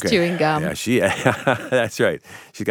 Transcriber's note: chuckling